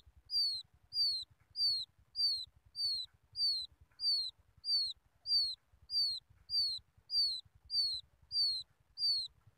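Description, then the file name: Quail chick peeping persistently: high, thin notes dropping in pitch, repeated at a regular pace of roughly one every 0.6 seconds. Quail chick calling its mother. "tieng cut con goi me"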